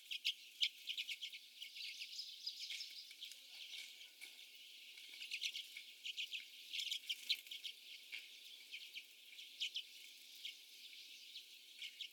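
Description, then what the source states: Common redpolls twittering in a busy, uneven chatter of dry chips and short buzzy notes, with light background hiss. Several birds.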